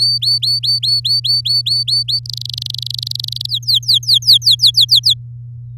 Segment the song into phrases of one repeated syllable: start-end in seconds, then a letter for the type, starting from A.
0.00-2.19 A, 2.25-3.46 B, 3.48-5.14 C